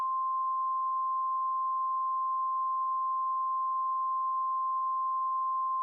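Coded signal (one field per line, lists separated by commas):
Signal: Emergency Alert System (SAME) tones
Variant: 1050 Hz attention tone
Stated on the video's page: Fictional blizzard scenario, simulated alert, remastered edit.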